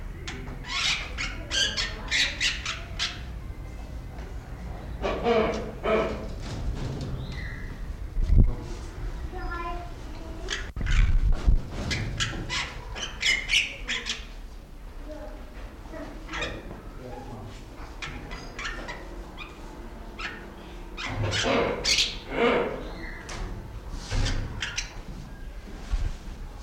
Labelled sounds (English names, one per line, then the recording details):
Bali Myna
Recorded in captivity
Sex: male
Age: adult
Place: Zoo Berlin, Berlin, DE
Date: 1994-06-11 12:26
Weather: heiter, 12-16°C
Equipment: Marantz CP 430, Sennheiser ME 80, Kopie Uher Variocord 263
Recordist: Tembrock, Günter